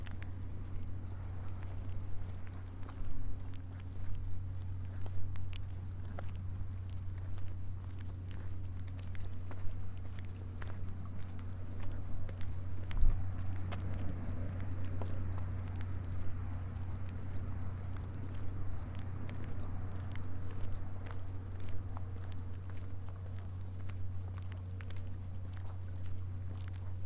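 A walk through Marpole, with a steady low rumble of traffic holding throughout. Frequent small clicks and taps, likely footsteps and scuffs, scatter across the whole stretch, with a sharper knock around thirteen seconds and faint murmurs of activity behind.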